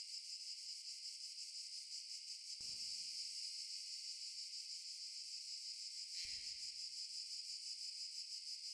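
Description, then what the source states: Cicada buzz, shrill and pulsing without a break, with two brief low thumps or rustles partway through. In underbrush.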